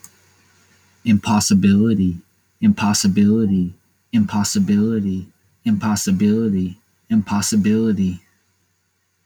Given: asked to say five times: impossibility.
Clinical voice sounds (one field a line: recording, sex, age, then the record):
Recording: repeated word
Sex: male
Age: 20 to 29 years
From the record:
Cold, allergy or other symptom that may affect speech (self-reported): no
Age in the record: 22 years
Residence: Tennessee, United States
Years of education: 14